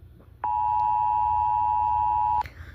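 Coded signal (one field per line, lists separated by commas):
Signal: Emergency Alert System (SAME) tones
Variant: 853 and 960 Hz attention tone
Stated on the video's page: Fictional EAS scenario.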